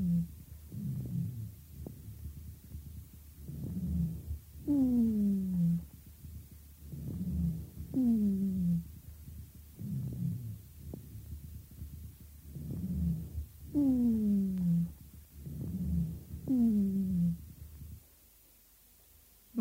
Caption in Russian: При скоплении в бронхах вязкого воспалительного секрета выслушиваются сухие хрипы. При отсутствии бронхиальной обструкции они имеют низкочастотный тембр. Острым необструктивным бронхитом. На фоне ослабленного везикулярного дыхания вы слышали сухие басовые гудящие хрипы возникающие преимущественно на выдохе.